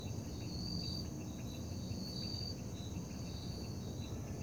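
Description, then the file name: Cricket giving high, buzzy pulsed chirps over and over, backed by a broad low rumble. Night ambience in Parque da Liberdade. "Ambiencia parque da liberdade a noite com grilos, morcegos, moto longe e sapos"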